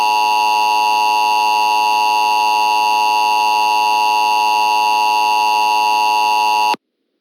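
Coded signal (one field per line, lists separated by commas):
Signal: Emergency Alert System (SAME) tones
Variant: 853 and 960 Hz attention tone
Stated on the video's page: Mock (simulated) EAS national emergency alert.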